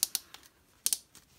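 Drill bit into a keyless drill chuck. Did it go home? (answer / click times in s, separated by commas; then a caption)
yes / 0.0 s, 0.1 s, 0.9 s. A drill bit is locked into the keyless chuck of a Parkside Performance 20V brushless 80Nm PSBSAP 20 cordless hammer drill from Lidl by turning the metal chuck sleeve by hand with the motor stopped. Sharp ratchet clicks sound at 0.0, 0.2, 0.9 and 0.9 seconds, with fainter ticks between them. The chuck ratchets tight and the bit is seated.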